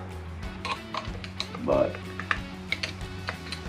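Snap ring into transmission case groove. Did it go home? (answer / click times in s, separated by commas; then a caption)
yes / 2.3 s. A steel snap ring is worked into its groove inside a Ford C4 automatic transmission case without long snap ring pliers, with scattered light metallic ticks and scrapes as it is pushed around. It snaps into the groove at 2.3 s with a sharp click, and the ring is seated in place. Someone talks briefly over a steady low hum.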